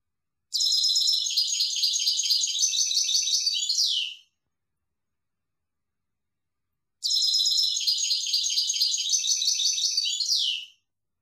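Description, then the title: European goldfinch song, two similar phrases of fast liquid twittering about three and a half seconds each, separated by roughly three seconds of silence. "Chant Chardonneret"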